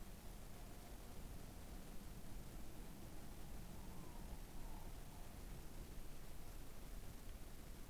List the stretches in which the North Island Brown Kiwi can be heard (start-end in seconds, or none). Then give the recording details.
none. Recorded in New Zealand on 14 December 2015. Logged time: 00:43. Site CG68